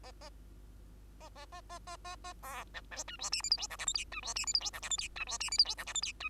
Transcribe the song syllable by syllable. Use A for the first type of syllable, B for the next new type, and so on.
A A A A A A A A A B C D E F G H I J K L M N E F G H I J K L M N E F G H I J K L M N E